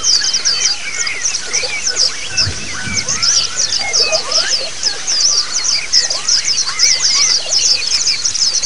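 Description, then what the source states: White-eye chorus of bright, high twittering notes and brief slurred whistles, with a short low thump near the middle. Several white-eyes singing together in the ombyokan chorus style; the recording is meant as a therapy and training sound (masteran) for birds.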